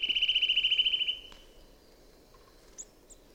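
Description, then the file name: Eurasian nuthatch with a fast, steady trill of repeated notes ending after about a second, then near quiet with a couple of faint high chips. "Sitta europaea"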